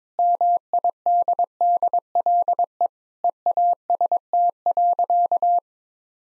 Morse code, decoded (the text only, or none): MIDDLE EAST.